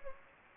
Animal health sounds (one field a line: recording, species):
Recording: mosquito wingbeat signal from an infrared sensor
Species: Anopheles gambiae